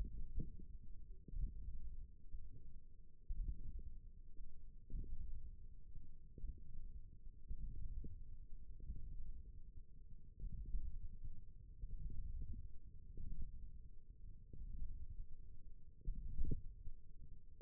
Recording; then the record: forearm muscle sounds (acoustic myography)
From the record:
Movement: radial deviation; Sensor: system 1, eight BSWA MPA416 microphones around the upper forearm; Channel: 4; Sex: female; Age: 21 years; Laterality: right